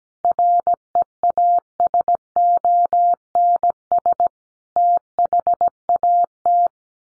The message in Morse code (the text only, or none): REASONS THAT